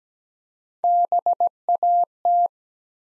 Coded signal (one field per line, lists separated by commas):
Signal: Morse code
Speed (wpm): 17 wpm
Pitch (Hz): 700 Hz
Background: none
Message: BAT